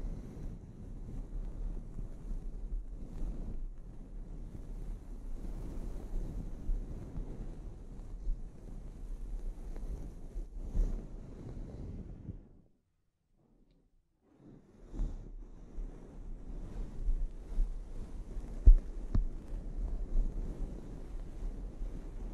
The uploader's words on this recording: ASMR Sleep Inducing Scalp Treatment (No Talking).